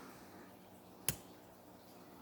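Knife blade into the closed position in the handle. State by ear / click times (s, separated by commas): seated / 1.1 s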